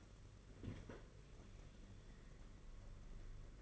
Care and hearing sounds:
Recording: daily activity, microphone in the room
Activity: open fridge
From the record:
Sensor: 4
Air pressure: 992.6 hPa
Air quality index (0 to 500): 168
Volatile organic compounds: 241 ppm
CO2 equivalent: 4336 ppm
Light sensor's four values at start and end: 19/67/25/25 and 19/66/24/25

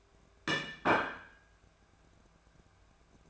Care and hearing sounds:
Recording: daily activity, microphone in the room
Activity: place plate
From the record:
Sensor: 2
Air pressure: 1014.9 hPa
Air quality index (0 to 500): 203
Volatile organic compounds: 20 ppm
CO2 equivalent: 2685 ppm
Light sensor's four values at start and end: 20/48/21/23 and 21/49/22/24

